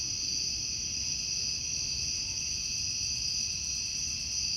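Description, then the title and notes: Cicadas keep up a continuous shrill buzzing with a second lower tone, level and unvarying, above quiet low background noise. Outdoor summer recording of cicadas. "Ext Cicadas, Car Driving By, Summer by Bandeto"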